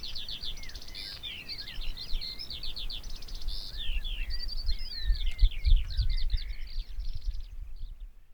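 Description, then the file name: Eurasian skylark song: busy high twittering and trilled notes pouring out continuously, fading out near the end, with wind rumbling low throughout. "Alauda arvensis"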